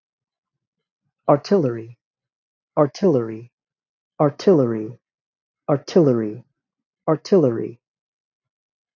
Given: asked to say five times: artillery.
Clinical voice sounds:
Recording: repeated word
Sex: male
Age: 30 to 39 years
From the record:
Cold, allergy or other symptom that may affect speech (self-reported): no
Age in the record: 34 years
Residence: Nebraska, United States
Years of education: 20

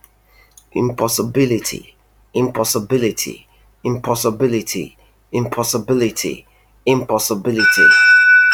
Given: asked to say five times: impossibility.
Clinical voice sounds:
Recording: repeated word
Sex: male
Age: 40 to 49 years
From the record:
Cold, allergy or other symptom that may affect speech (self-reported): no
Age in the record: 40 years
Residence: United Kingdom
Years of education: 16

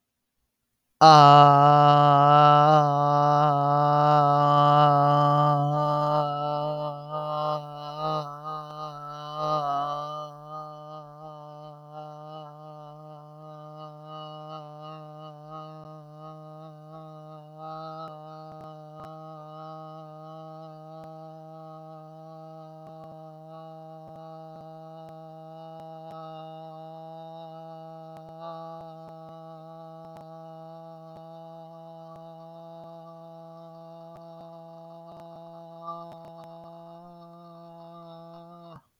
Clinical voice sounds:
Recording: vowel held as long as possible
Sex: male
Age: 20 to 29 years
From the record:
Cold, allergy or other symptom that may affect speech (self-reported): no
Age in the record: 24 years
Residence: North Carolina, United States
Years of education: 18

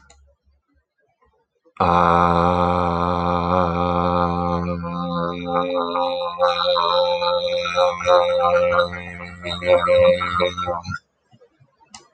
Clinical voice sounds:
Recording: vowel held as long as possible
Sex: male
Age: 30 to 39 years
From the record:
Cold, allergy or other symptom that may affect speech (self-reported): no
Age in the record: 33 years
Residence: Virginia, United States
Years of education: 16

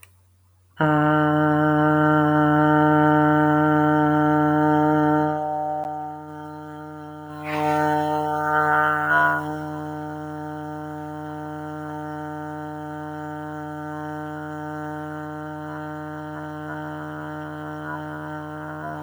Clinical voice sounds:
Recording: vowel held as long as possible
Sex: female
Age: 60 to 69 years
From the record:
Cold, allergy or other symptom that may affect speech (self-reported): no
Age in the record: 60 years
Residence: United States

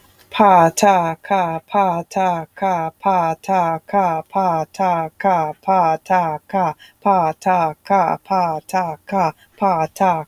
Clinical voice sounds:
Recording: repeated syllables /pa ta ka/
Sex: female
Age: 40 to 49 years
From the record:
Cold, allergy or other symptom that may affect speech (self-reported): no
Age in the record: 46 years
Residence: North Carolina, United States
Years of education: 16

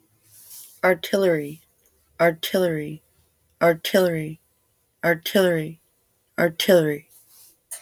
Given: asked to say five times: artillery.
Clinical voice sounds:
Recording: repeated word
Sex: female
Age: 20 to 29 years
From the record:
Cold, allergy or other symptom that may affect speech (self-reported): no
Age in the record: 28 years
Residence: United States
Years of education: 12

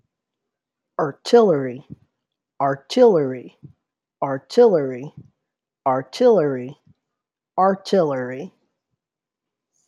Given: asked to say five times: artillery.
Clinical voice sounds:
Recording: repeated word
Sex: male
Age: 30 to 39 years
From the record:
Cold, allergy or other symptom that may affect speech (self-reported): no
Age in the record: 34 years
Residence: Kentucky, United States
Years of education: 14

